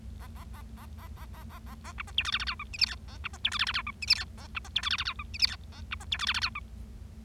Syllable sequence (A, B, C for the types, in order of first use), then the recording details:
A A A A A A A A A A B C D E F F G H I J K A B C D E F F G H I J K A B C D E F F G H I J K A B C D E F F G H. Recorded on 25 March 2012 at 12:43. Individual gy6or6